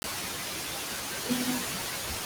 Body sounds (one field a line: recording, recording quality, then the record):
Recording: sustained vowel as in beet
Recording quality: poor, much background noise or distortion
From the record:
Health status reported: healthy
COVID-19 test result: not tested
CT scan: not taken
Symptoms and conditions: none ticked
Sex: female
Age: 23 years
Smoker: no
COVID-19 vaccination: none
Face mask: worn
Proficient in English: yes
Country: India